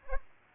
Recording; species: mosquito wingbeat signal from an infrared sensor; Aedes aegypti